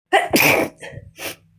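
A single adult sneeze: a sharp, explosive burst of broadband noise followed by a brief softer exhalation.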